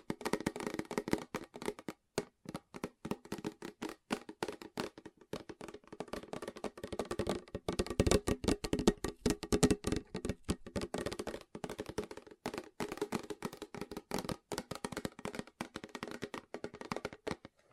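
Fast fingernail tapping in dense, irregular bursts of sharp clicks with brief pauses, busiest around the middle, continuing steadily to the end.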